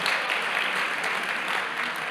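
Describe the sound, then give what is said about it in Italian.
A big round of applause, dense steady clapping from many hands that holds at an even, loud level for about two seconds without a break. “Grande applauso.”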